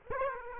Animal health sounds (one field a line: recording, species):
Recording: mosquito wingbeat signal from an infrared sensor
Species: Aedes aegypti